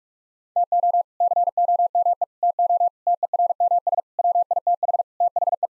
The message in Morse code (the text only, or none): TO COME TO TERMS WITH THE